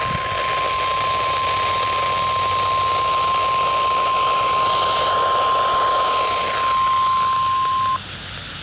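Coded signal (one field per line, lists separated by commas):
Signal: Emergency Alert System (SAME) tones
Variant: 1050 Hz attention tone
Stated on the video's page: EAS Severe Thunderstorm Warning received on NOAA weather radio station KEC55.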